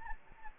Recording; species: mosquito wingbeat signal from an infrared sensor; Anopheles gambiae